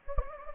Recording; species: mosquito wingbeat signal from an infrared sensor; Anopheles gambiae